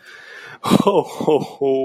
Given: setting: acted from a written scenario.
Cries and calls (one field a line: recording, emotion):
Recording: vocal sound without words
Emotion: positive surprise